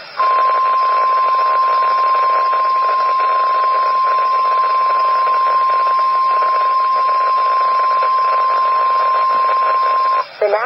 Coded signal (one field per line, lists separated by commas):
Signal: Emergency Alert System (SAME) tones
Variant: 1050 Hz attention tone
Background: speech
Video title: REAL EAS 926-TOA